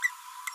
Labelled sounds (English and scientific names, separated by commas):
Green-rumped Parrotlet (Forpus passerinus) babbling